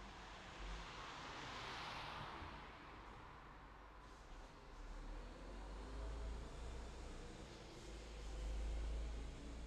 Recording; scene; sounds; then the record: everyday scene through a hearing-aid microphone; in traffic; traffic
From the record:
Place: city secondary road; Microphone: in the ear canal, left